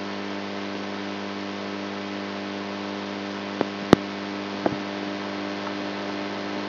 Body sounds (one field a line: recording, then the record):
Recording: brain microelectrode recording played as sound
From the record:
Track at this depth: inside the subthalamic nucleus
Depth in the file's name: 3.121 mm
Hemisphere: right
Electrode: 3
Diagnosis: Parkinson's disease